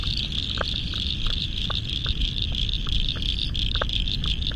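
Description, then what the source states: Chorusing frogs keep up a pulsing high trill with a few sharp clicks, over a steady low roar. Spring frog chorus at dusk beside the South Pacific Ocean, Royal National Park, Australia, November 2015.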